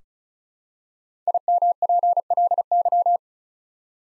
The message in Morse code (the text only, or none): IMPLY